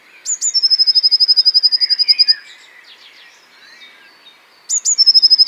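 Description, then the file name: Blue tit song: two very high thin notes, then a fast, even trill of about twenty notes. The phrase repeats after a pause, with softer chirps from other birds beneath. "Cyanistes caeruleus"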